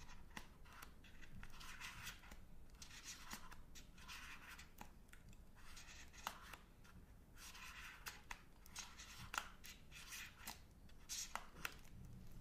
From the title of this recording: Unwrapping and Eating Magnum Chocolate